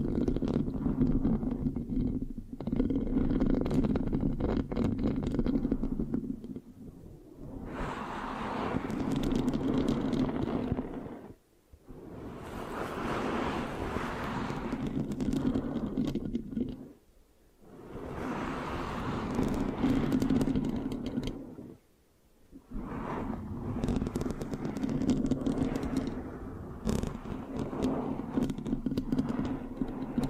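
Mic scratching with a sticky, rasping texture, dense and continuous, with a steady low rumble underneath. The scratching comes in long bursts of several seconds, separated by brief silences near 11, 17 and 22 seconds, with brighter, crackly passages between.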